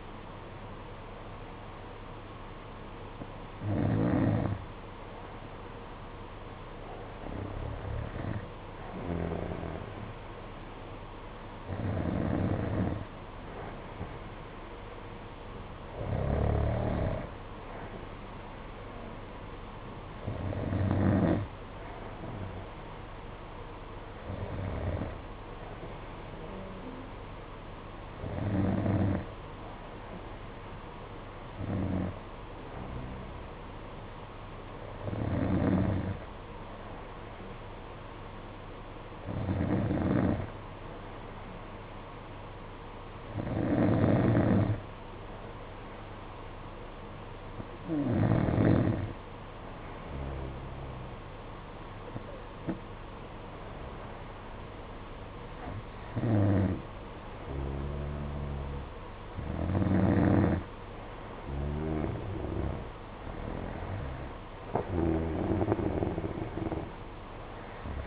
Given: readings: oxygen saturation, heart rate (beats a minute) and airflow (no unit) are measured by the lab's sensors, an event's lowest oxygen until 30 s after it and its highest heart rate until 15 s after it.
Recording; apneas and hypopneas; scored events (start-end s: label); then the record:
breathing in sleep by a voice recorder at the bedside; none
none scored
From the record:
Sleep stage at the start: N2 (light sleep); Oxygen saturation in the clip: 91 to 93%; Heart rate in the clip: 56 to 60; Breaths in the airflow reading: 17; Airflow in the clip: -5.2 to 5.4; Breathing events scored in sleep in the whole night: 476 in 9.7 hours asleep